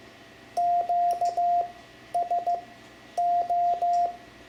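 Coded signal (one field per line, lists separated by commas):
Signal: Morse code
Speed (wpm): 15 wpm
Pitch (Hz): 700 Hz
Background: none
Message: QSO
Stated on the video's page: Morse lesson on punctuation and abbreviations for amateur radio.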